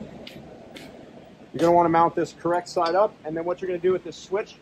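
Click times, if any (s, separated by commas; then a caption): none. A rocker switch for an INEOS underseat twin ARB air compressor is held up and lined up correct side up before being pressed into a plastic dash/seat panel cutout, with two brief handling knocks at about 0.3 s and 0.8 s. Someone talks from about 1.6 s onward, and the switch has not snapped into the panel yet.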